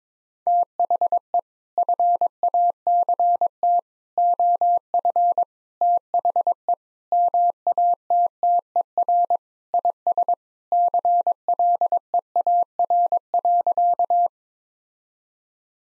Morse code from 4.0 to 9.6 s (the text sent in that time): OF THE MATTER